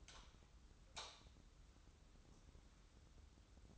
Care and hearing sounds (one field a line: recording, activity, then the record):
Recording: daily activity, microphone in the room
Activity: light on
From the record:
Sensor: 3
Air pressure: 994.4 hPa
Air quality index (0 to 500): 212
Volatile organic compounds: 1000 ppm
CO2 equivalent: 7106 ppm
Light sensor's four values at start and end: 202/487/205/204 and 205/496/209/208